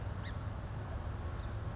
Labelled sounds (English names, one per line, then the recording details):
Song Sparrow
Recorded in Sonoma County, California